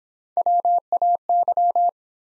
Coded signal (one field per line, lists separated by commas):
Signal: Morse code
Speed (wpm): 30 wpm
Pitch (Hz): 700 Hz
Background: none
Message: WAY